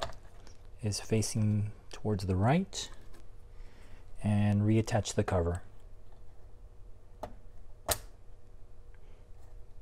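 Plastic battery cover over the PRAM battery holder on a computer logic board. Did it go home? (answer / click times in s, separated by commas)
yes / 7.2 s, 7.9 s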